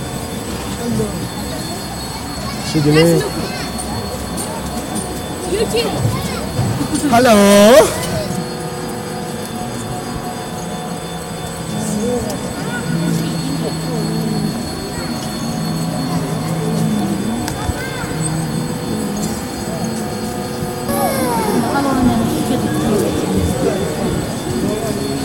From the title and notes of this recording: Sounds from a walk (khora) around the Jokhang ,first temple of Lhassa, Tibet ,with a flow of pilgrims and religious shops. Electronic treatment in direct.